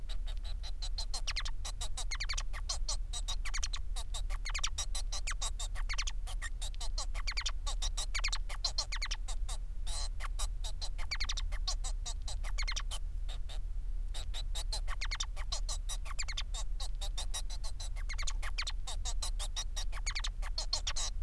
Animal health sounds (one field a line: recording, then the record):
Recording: song of a male Bengalese finch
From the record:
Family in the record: son of father 4